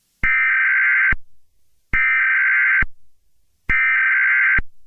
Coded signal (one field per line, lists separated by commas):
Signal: Emergency Alert System (SAME) tones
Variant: header bursts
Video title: Tung Tung Tung Sahur The EAS Scenario (#96)